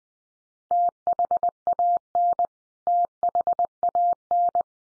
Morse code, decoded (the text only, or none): THAN THAN